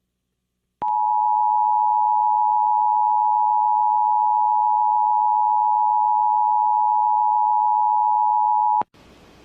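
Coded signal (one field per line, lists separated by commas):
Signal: Emergency Alert System (SAME) tones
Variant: 853 and 960 Hz attention tone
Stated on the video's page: Mock remake of a tornado warning from the National Weather Service in Norman, Oklahoma, using valid tones.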